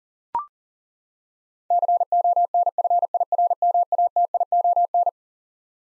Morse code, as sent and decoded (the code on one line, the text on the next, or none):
-.-. --- -. ..-. .. .-. -- .- - .. --- -.
CONFIRMATION